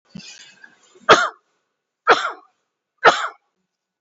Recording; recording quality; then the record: heavy voluntary cough; excellent, no background noise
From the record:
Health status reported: COVID-19 positive, moderate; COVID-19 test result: positive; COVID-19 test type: RT-PCR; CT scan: taken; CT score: 20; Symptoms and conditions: cough, breathing difficulty, fever, fatigue, pneumonia, diabetes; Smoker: no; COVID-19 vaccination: none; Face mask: worn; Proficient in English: yes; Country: India